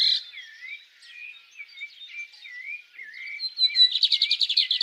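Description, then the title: Bird song: a series of swooping whistled notes, then a fast rattling trill of repeated notes, with other chirps in the background. Birds singing at dawn. "Pássaros Cantando No Amanhecer"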